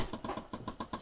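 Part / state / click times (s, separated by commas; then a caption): tilt cab lock mechanism holding a cab-over truck cab in the raised position / not seated / none. A Mitsubishi Fuso 4x4 cab-over truck's tilting cab is raised to reach the engine, held by its tilt cab lock mechanism. A steady series of sharp metallic ratchet clicks repeats about every eighth of a second over a low engine-like rumble. The lock is still being handled and nothing has seated or clicked home yet.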